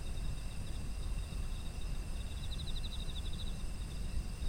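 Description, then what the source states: Steady shrill insect trilling, with one clear run of fast pulsed chirps in the second half, over a low rumbling background. Autumn insect ambient soundscape.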